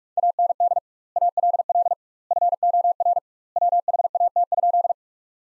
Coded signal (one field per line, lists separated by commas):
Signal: Morse code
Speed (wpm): 46 wpm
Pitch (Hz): 700 Hz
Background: none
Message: AND ALL FOR WHAT?